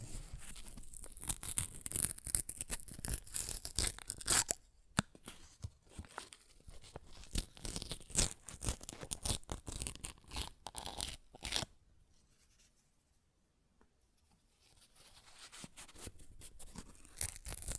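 Paper being ripped and torn in a long run of dense, crackly bursts, bright and scratchy, with sharp spikes clustered through the first twelve seconds. A near-silent pause follows around twelve to fourteen seconds, then softer, sparser tearing resumes and builds toward the end.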